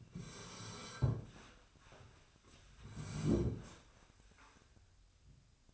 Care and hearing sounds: daily activity, microphone in the room; sit down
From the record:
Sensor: 2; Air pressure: 1015.1 hPa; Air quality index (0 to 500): 146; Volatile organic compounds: 6 ppm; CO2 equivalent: 1900 ppm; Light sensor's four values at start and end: 12/34/13/15 and 13/34/13/15

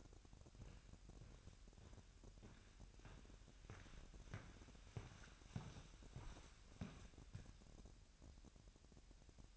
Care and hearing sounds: daily activity, microphone in the room; walk to room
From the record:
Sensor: 2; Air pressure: 1012.1 hPa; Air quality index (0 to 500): 143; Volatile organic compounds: 2 ppm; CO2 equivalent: 1039 ppm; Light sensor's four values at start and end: 88/210/86/85 and 82/199/81/81

